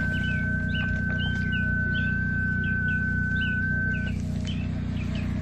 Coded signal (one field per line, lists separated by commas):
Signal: FT8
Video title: Sunday Morning Site Walkthrough on Field Day 2024